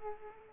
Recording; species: mosquito wingbeat signal from an infrared sensor; Aedes aegypti